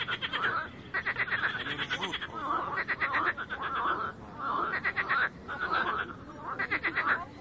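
Frogs calling, buzzy pulsed rattles in repeated bursts overlapping in a chorus.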